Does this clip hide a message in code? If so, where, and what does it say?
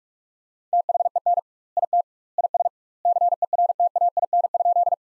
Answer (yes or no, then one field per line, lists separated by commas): yes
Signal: Morse code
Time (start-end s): 0.7-4.9 s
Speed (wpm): 46 wpm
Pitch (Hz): 700 Hz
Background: none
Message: THEN IT IS CERTAIN?